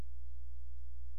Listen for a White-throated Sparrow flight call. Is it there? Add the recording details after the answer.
no. No flight call is heard. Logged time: 00:02 on 16 September 2014